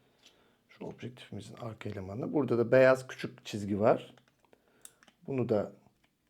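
Someone talks while lining up the rear element of an add-on telephoto teleconverter lens for a vivo X200 Ultra by its small white mark against the bayonet adapter on the phone. A few faint, brief ticks of handling come between 4.4 and 5.1 seconds, then more talk. Nothing has seated or clicked yet.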